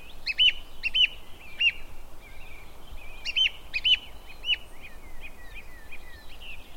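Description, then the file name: Song thrush song, clear whistled phrases repeated two or three times each, with a steady low background hum throughout. Recorded near Aviemore. "Songthrush nr Aviemore"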